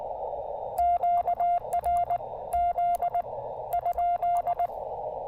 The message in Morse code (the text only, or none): QRZ ?